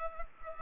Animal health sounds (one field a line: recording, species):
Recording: mosquito wingbeat signal from an infrared sensor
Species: Culex pipiens